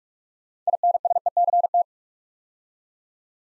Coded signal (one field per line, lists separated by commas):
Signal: Morse code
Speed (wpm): 44 wpm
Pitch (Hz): 700 Hz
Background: none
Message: INSECT